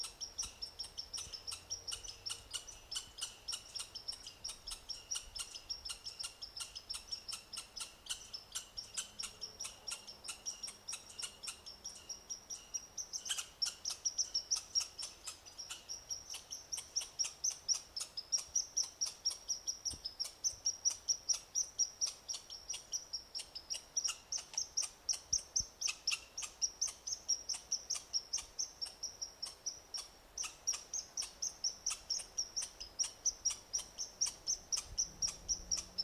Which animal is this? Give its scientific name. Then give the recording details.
Tamiasciurus hudsonicus. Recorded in the wild. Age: adult. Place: Jasper National Park, Rocky Mountains, Alberta, CA. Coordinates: 52.9072, -118.065. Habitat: coniferous forest. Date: 1991-09-13 19:00. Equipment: Sony WM-D6C, Sony ECM-939 LT (Stereo), Kopie Uher 4400 IC. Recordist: Frommolt, Karl-Heinz. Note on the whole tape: Whistlers Campground Jasper: Rufe bei Annäherung des Beobachters an Wohnkolonie der Rothörnchen